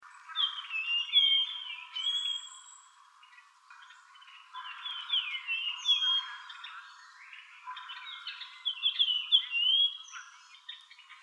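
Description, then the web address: Japanese grosbeak giving clear whistled notes mixed with chattering calls, several quick phrases throughout. 3 April 2013. "birdenaga ikaru 130403"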